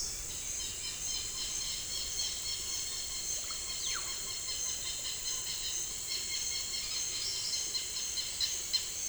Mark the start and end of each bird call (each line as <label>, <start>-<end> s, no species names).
bird call, 0.53-8.89 s